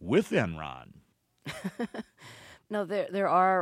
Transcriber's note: laughs